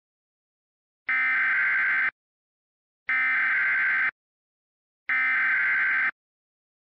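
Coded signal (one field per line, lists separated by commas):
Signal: Emergency Alert System (SAME) tones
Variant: header bursts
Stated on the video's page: Mock EAS tornado warning based on a real Chicagoland tornado warning.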